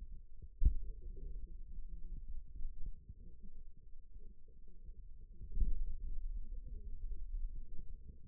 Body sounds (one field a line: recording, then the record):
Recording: forearm muscle sounds (acoustic myography)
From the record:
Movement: finger pinch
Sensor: system 2, bracelet of six BSWA MPA416 microphones around the upper forearm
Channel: 4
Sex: male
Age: 22 years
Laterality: right